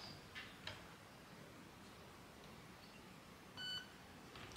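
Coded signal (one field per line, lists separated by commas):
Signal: beep code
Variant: Specna Arms HAL MOSFET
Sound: a single short high electronic beep amid quiet room noise and a few clicks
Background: handling clicks, room noise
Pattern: 1 short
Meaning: One beep in programming mode means the first category is selected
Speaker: Okay, one beep. Let's cycle to two beeps.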